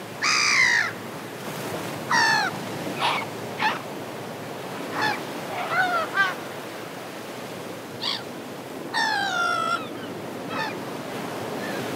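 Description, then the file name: Gull calls: several harsh, harmonic squawks scattered irregularly over twelve seconds. "seagull sound"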